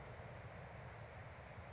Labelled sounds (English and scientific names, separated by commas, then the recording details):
Bewick's Wren (Thryomanes bewickii)
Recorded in Sonoma County, California